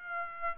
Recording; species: mosquito wingbeat signal from an infrared sensor; Aedes aegypti